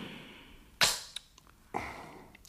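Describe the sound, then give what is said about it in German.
A P-38 pistol being loaded with eight rounds, one in the chamber, and cocked: a sharp metallic clack, a few small light clicks, then a second firm snap, all short and crisp with no talking. “Ich habe dir eine P-38 bereit gemacht. Ein bisschen schwer, dafür aber unfehlbar.”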